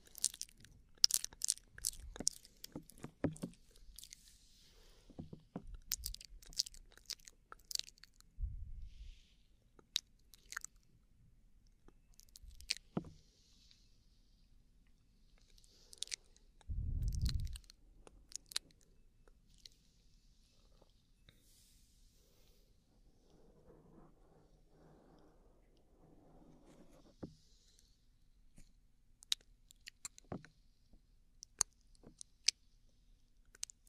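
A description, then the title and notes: Intense mouth sounds: wet clicks, smacks and crunchy chewing bursts come in irregular clusters, busiest in the first eight seconds and again near the end. Short low thumps land around 9 and 17 seconds, with soft breathy murmurs between 23 and 28 seconds. Intense Mouth Sounds.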